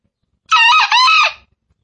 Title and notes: Panggilan Ayam Hutan. Master Suara Ayam Hutan Hijau Real Sound Green Jungle Fowl. Pemikat Ayam Hutan